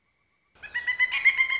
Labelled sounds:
Pileated Woodpecker (Dryocopus pileatus)

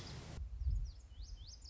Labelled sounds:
Lazuli Bunting (Passerina amoena)

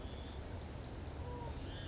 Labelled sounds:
California Towhee (Melozone crissalis)

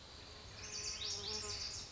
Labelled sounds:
Lazuli Bunting (Passerina amoena)

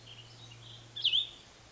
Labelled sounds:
Cassin's Vireo (Vireo cassinii)

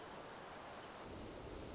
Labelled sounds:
Hermit Thrush (Catharus guttatus)

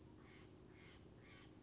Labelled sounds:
Steller's Jay (Cyanocitta stelleri)

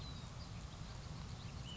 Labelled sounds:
Ash-throated Flycatcher (Myiarchus cinerascens)

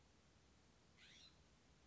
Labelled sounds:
California Scrub-Jay (Aphelocoma californica)

